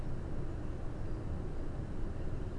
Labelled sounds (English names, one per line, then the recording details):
none
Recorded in Germany
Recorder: ecoPi